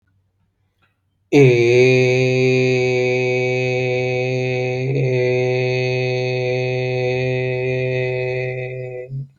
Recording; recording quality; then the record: sustained vowel as in made; excellent, no background noise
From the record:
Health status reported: healthy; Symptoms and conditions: none ticked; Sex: male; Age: 33 years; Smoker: not ticked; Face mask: not worn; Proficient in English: yes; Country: India